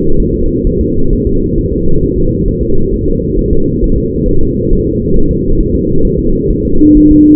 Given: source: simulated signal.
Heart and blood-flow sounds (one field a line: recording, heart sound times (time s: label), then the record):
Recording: fetal heart sounds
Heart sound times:
0.20 s: S1
0.34 s: S2
0.67 s: S1
0.81 s: S2
1.13 s: S1
1.27 s: S2
1.58 s: S1
1.72 s: S2
2.03 s: S1
2.17 s: S2
2.48 s: S1
2.62 s: S2
2.94 s: S1
3.08 s: S2
3.39 s: S1
3.53 s: S2
3.84 s: S1
3.98 s: S2
4.29 s: S1
4.43 s: S2
4.73 s: S1
4.87 s: S2
5.17 s: S1
5.31 s: S2
5.60 s: S1
5.75 s: S2
6.05 s: S1
6.19 s: S2
6.50 s: S1
6.65 s: S2
6.97 s: S1
7.11 s: S2
From the record:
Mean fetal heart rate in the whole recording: 130 bpm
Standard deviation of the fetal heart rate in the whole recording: 4 bpm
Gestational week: 38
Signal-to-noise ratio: -19.1 dB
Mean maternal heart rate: 72 bpm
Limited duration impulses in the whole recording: present